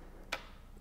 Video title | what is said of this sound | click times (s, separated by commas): Stealth Furniture - Various Locks Video | for the click and then this will open you'll see that there is a catch here and underneath | 0.3 s